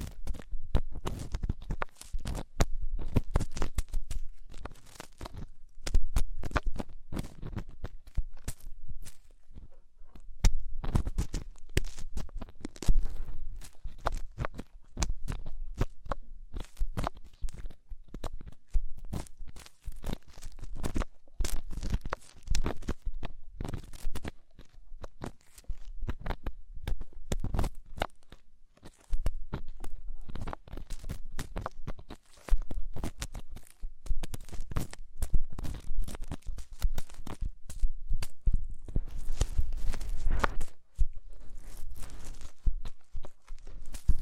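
Deep ear cleaning produces dense, rapid crackling and rustling scrapes, constant throughout with irregular sharp clicks and a brief lull near 29 seconds.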